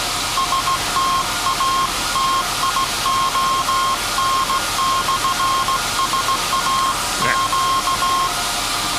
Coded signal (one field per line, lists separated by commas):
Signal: Morse code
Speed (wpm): 16 wpm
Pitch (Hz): 1070 Hz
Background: none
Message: STATION/SAQ